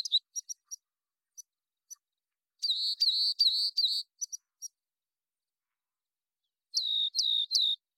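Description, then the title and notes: Rock Wren song: scattered sharp chips, a run of several buzzy repeated phrases, more chips, then three similar phrases after a pause. Long song sequence, natural pace and rhythm kept, isolated from a Double mid-side recording; Pacific Northwest, Washington, United States. "BIRDSong Wrens - Rock Wren. Rock Wren, Salpinctes obsoletus, long song sequence, isolated from Double mid-side original, natural pace and rhythm maintained Recorded in the beautiful Pacific Northwest, Washington, United States"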